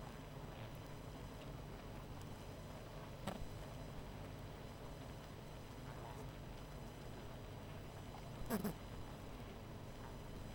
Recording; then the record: honeybee colony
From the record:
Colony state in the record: missing queen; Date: 14 July 2017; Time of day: 21:41